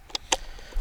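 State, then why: Seated. After the battery is checked, the plastic/foam battery hatch is put back onto the fuselage of a Durafly Excalibur V2 RC airplane and pressed down. A faint tick at 0.15 s is followed by a loud, sharp click at 0.3 s as the hatch locks in place, then a dull low thump near 0.8 s.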